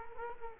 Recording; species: mosquito wingbeat signal from an infrared sensor; Culex quinquefasciatus